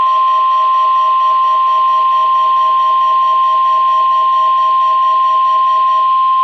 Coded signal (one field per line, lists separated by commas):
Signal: Emergency Alert System (SAME) tones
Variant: 1050 Hz attention tone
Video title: KZZ-49 Maysville, KY Required Weekly Test (EAS #38) (6/24/16)